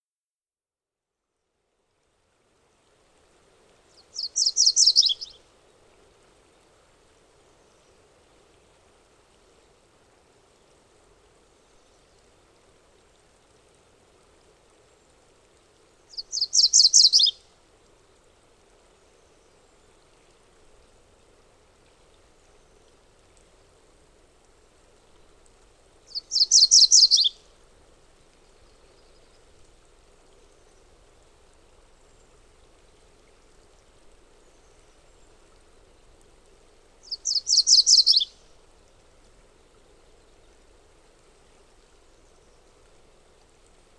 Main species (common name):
MacGillivray's Warbler